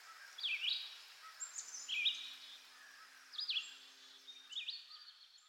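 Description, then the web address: Bird song made of high chirps and quick rising and falling sweeps in loose bursts, with a faint hum in the background. Birds in a park, nature ambience. "lynne-publishing Nature Ambience Birds In a Park"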